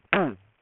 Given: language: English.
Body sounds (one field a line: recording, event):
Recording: throat vibration sensor signal played as sound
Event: throat clearing